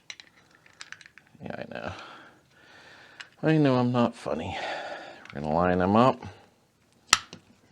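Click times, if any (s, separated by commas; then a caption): 7.1 s. A plastic, ridged part is lined up and pressed onto a Solex carburetor body during a VW Beetle/Super Beetle carb rebuild. Small light clicks and taps are heard while someone talks. A single sharp, loud snap comes at 7.1 s as the part seats in place.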